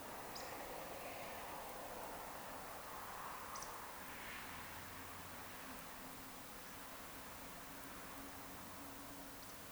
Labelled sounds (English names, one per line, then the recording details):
Eurasian Woodcock whistle
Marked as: whistle, whistle, whistle
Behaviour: display flight
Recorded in Baden-Württemberg, Germany, on 2 June 2020 at 20:20 UTC
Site 46190, 1214 m above sea level